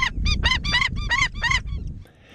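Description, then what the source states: Indian skimmer calls: a rapid series of several nasal, yapping notes over a low rumbling background noise, fading out at the end. A black and white water bird with a large orange beak that nests on sandbanks.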